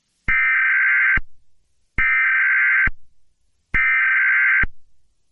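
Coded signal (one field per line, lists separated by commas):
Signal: Emergency Alert System (SAME) tones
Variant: header bursts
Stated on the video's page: Simulated EAS scenario retake, not a real alert.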